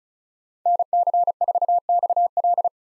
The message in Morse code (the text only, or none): NC4XL